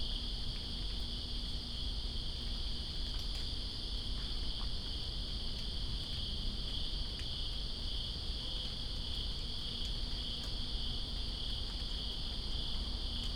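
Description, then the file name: Crickets in a steady, continuous high trilling chorus with no breaks, over a broad hiss and low rumble of rain with occasional sharp drip clicks. Crickets recorded in Greensboro on September 2, 2017, during rain. "Greensboro Crickets And Rain September 02 2017"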